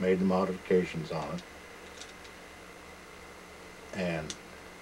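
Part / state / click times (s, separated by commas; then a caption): carving bit into quick-release chuck / not seated / none. Someone talks while a router bit is handled by hand near the modified quick-release chuck of a CarveWright carving machine, with faint light ticks and a steady low hum between the voice bursts. Nothing has seated or clicked yet; the bit has not gone home in the chuck.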